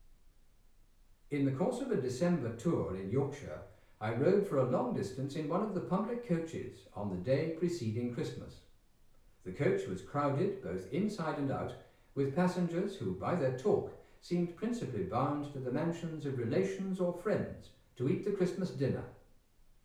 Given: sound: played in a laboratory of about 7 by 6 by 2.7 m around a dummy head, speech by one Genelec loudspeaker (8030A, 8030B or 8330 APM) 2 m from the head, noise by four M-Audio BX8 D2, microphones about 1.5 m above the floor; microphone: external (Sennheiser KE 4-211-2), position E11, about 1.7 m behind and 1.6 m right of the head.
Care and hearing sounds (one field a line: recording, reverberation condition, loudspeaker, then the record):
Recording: male speech in English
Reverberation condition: medium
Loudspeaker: 30 degrees to the left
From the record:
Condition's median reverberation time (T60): about 510 ms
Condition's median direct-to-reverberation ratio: about -0.5 dB